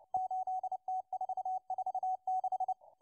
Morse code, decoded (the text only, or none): 8T446